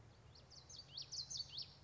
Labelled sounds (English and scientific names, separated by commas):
Common Yellowthroat (Geothlypis trichas)